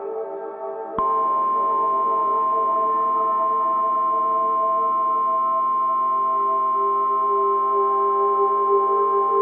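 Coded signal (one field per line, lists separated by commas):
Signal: Emergency Alert System (SAME) tones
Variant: 1050 Hz attention tone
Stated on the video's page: Fictional tornado EAS scenario, a recreation.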